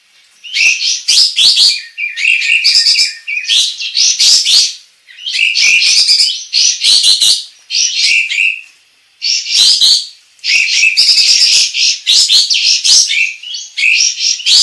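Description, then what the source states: Sooty-headed bulbul song: lively, harsh-edged chattering phrases repeated in quick succession, each burst followed by a short pause. Local name kapas tembak; singing described as gacor, a lively, prolific singer.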